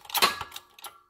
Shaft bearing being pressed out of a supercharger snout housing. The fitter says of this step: que foi o estalo e